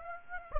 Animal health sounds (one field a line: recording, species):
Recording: mosquito wingbeat signal from an infrared sensor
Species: Aedes aegypti